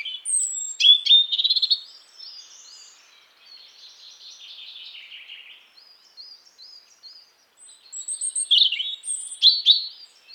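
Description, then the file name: European robin song: a loud trilled phrase, a stretch of quieter high twittering, then more strong, varied whistled notes near the end. "Erithacus rubecula"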